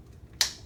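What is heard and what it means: A compression-type RCA fitting on a coaxial video cable is placed in a compression tool and squeezed. Quiet low background is broken by a single sharp, bright snap at 0.4 s that quickly decays. The snap marks full compression, leaving the connector crimped on and the cable end completely terminated.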